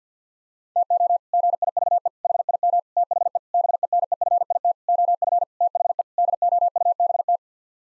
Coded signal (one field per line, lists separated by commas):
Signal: Morse code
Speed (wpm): 50 wpm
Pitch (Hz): 700 Hz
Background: none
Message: TO GIVE HIM THE BENEFIT OF THE DOUBT